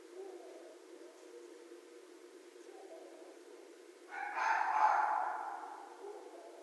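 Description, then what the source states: Red fox producing a loud, grating scream of about a second and a half, preceded by faint sounds and steady background noise. Recorded 2 January 2012.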